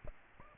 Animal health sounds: mosquito wingbeat signal from an infrared sensor; Aedes aegypti

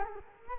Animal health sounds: mosquito wingbeat signal from an infrared sensor; Culex quinquefasciatus

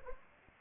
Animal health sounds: mosquito wingbeat signal from an infrared sensor; Anopheles arabiensis

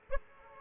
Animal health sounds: mosquito wingbeat signal from an infrared sensor; Aedes aegypti

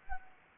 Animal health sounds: mosquito wingbeat signal from an infrared sensor; Anopheles gambiae

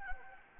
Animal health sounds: mosquito wingbeat signal from an infrared sensor; Anopheles gambiae

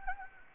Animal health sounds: mosquito wingbeat signal from an infrared sensor; Anopheles gambiae

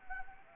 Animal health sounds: mosquito wingbeat signal from an infrared sensor; Anopheles arabiensis

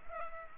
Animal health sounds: mosquito wingbeat signal from an infrared sensor; Culex pipiens

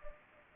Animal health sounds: mosquito wingbeat signal from an infrared sensor; Anopheles gambiae

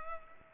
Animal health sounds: mosquito wingbeat signal from an infrared sensor; Culex pipiens

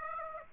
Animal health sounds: mosquito wingbeat signal from an infrared sensor; Aedes aegypti

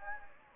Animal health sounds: mosquito wingbeat signal from an infrared sensor; Anopheles gambiae

